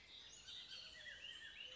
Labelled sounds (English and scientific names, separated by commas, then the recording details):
Bullock's Oriole (Icterus bullockii)
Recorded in Sonoma County, California